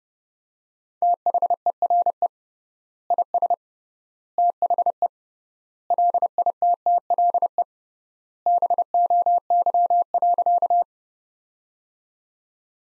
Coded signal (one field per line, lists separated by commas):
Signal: Morse code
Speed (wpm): 32 wpm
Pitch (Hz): 700 Hz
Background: none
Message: THERE IS THE LITTLE BOY.